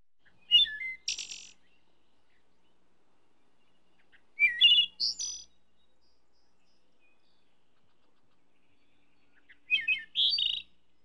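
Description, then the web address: Thrush singing in short, varied phrases of sharp whistled and twittering notes, each phrase separated by pauses of two to four seconds, in otherwise quiet surroundings. "дрозд"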